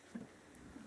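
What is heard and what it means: An ignition stick coil is handled over the plug well of a Suzuki GSX1300R Hayabusa motorcycle cylinder head, on its way down onto the spark plug. Only faint, soft handling bumps are heard over a low background. Nothing has seated or clicked yet.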